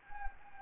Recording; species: mosquito wingbeat signal from an infrared sensor; Anopheles gambiae